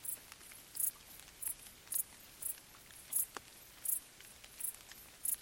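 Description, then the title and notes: Cricket making high chirps at a slightly uneven pace, with occasional raindrop taps. Crickets stridulating late at night in gentle summer rain on vegetation, along an abandoned railway track in Bad Boll, Baden-Württemberg; nearby village silent. "Crickets in gentle summer rain. Bad Boll, Baden-Württemberg. Recorded by Colin Hunter"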